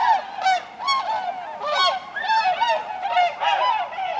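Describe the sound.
Tundra swans giving loud, nasal, bugling calls, several birds overlapping in quick succession, each note bending upward then dropping.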